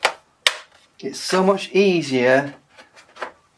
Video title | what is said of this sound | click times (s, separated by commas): How to upgrade SSD HD and Ram on Laptop HP 15S i7 Intel iRIS Clone your HD | and then we're just a matter of pushing it down Clicks in place | 0.0 s, 0.5 s